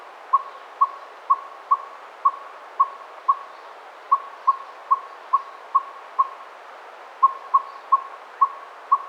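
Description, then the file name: Northern saw-whet owl giving a steady series of short, mellow whistled toots, about two per second, with two brief pauses over a faint hiss. Nominate subspecies acadicus. "Northern Saw-whet Owl - Aegolius acadicus acadicus"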